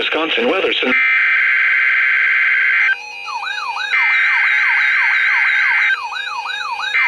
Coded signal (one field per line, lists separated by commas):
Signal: Emergency Alert System (SAME) tones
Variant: header bursts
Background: speech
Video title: Required Weekly Test - 03/24/21 (EAS #2,264)